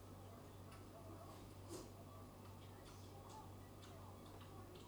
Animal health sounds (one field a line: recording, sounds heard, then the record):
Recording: poultry house recording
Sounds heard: no chicken sound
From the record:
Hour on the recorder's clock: 19